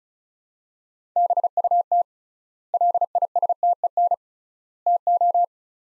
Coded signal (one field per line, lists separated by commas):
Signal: Morse code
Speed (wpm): 34 wpm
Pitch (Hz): 700 Hz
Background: none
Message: BUT LISTEN TO